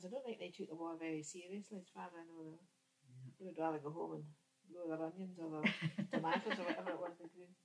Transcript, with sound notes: I don't think they took the war very seriously as far as I know. They would rather go home and grow their onions. [laughs] Or their tomatoes, or whatever it was they grew.